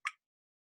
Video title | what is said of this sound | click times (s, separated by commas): Thriving with Essential Oils | So you can use the lid to pop that right off. | 0.1 s